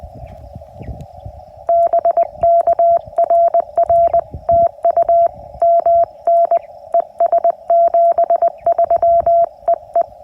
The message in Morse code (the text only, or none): BK RR TU MN ES 73 EE